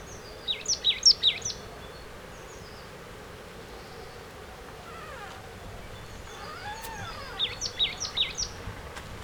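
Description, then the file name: Marsh tit giving two rapid bursts of about five sharp, high, down-slurred notes, separated by a quiet gap with faint background sound. "Poecile palustris"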